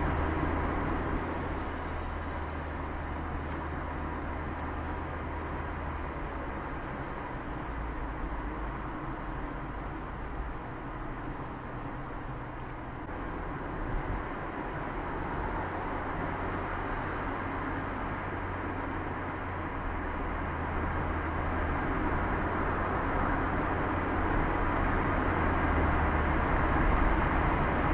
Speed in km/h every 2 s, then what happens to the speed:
19, 14, 8, 3, 2, 1, 0, 1, 0, 4, 11, 14, 18, 24.
0-7 slows to 2. 7-17 standing. 17-28 pulls away to 24.